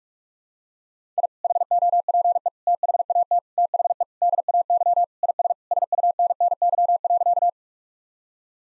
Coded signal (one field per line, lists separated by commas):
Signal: Morse code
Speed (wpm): 47 wpm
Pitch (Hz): 700 Hz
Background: none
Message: I HOPE THAT THE DAY IS SUNNY.